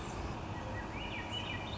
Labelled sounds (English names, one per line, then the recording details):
Swainson's Thrush
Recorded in Sonoma County, California